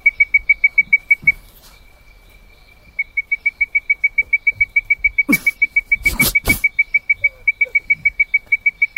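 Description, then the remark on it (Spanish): A Leptodactylus mystacinus frog calling: a fast, steady train of short, high whistled notes at one pitch that pauses briefly, then resumes, with a few loud rustling bumps over it. “Ese bichito que pasó se llama el Leptactylus mistacinus.”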